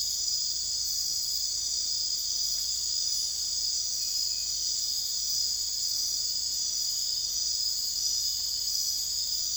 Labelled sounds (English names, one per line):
none